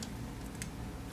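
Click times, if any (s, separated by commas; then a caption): 0.6 s. A flex cable connector on the circuit board of a Canon ES600 camcorder is unseated and reseated to check whether it was poorly seated. Two short ticks sound over a steady low hum, a softer one at 0.0 s and a sharper one at 0.6 s as the connector seats into its socket.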